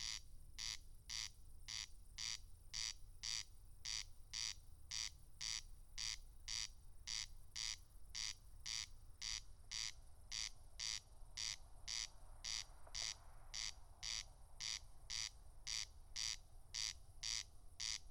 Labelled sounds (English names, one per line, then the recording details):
Corn Crake song
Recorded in the wild
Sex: male
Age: adult
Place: Schwedt/Oder, Nationalpark Unteres Odertal, Brandenburg, DE
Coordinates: 53.0381, 14.2905
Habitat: meadow
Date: 2021-07-16 00:06
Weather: 16°C, 99% humidity, almost windless
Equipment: Edirol R44, Microtech Gefell MK 250/MV220
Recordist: Frommolt, Karl-Heinz